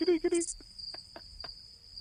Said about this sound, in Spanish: Los putos grillos, qué bueno.